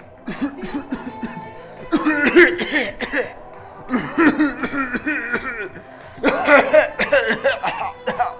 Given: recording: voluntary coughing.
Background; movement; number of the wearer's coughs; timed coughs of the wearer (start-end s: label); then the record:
music; walking; 19
0.14-0.57 s: cough
0.57-0.88 s: cough
0.88-1.15 s: cough
1.15-1.54 s: cough
1.91-2.24 s: cough
2.24-2.59 s: cough
2.59-2.92 s: cough
2.97-3.46 s: cough
3.91-4.25 s: cough
4.25-4.55 s: cough
4.55-4.86 s: cough
4.86-5.31 s: cough
5.31-5.81 s: cough
6.22-6.53 s: cough
6.53-6.90 s: cough
6.97-7.25 s: cough
7.25-7.63 s: cough
7.63-8.06 s: cough
8.06-8.39 s: cough
From the record:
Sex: male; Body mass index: 21.0 kg/m2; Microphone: on the chest, facing outward